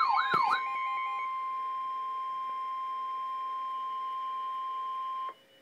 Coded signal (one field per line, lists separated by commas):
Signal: Emergency Alert System (SAME) tones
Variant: 1050 Hz attention tone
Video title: REAL EAS 1154-1155-Severe Thunderstorm Warning